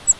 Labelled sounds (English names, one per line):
Grace's Warbler flight call